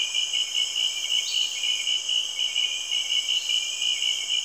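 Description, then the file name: Insect chorus of dense, high-pitched trilling that pulses rapidly and continuously, with a faint higher buzz briefly joining twice. Rainforest in Cameroon, early evening. "Cameroun- Insects Frogs"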